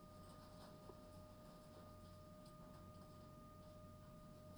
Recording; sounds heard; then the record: poultry house recording; no chicken sound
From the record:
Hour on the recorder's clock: 21